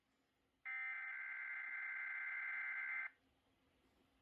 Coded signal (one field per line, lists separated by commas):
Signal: Emergency Alert System (SAME) tones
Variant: header bursts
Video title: EAS 814 - WTOP Weekly